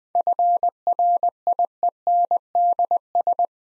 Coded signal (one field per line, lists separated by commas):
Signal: Morse code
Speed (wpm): 20 wpm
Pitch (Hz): 700 Hz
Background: none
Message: FRIENDS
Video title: Easy Sentences with Hints - 20wpm